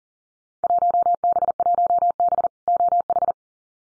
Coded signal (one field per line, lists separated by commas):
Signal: Morse code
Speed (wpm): 42 wpm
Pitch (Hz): 700 Hz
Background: none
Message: 1B1B OH